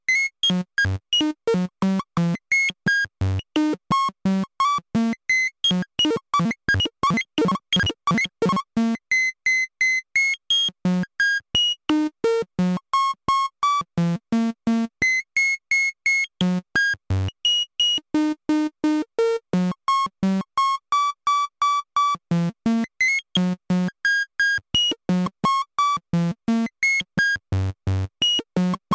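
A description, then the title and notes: Corroded beeps fire in a rapid, regular stream, each one short and buzzy with a gritty, distorted edge. The pitch jumps around constantly, from low thuds to bright high tones, sometimes sweeping, and the rhythm never pauses across the whole stretch. Corroded Beeps. Raw files from sonic exploration in late march.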